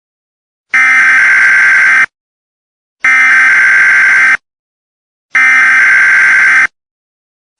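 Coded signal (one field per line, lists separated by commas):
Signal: Emergency Alert System (SAME) tones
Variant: header bursts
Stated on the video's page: Fictional EAS scenario.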